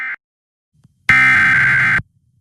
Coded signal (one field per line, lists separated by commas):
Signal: Emergency Alert System (SAME) tones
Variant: header bursts